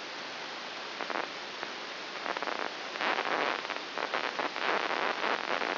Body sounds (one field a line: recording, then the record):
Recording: brain microelectrode recording played as sound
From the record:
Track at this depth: inside the subthalamic nucleus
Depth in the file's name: 4.201 mm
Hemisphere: right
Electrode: 2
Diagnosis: Parkinson's disease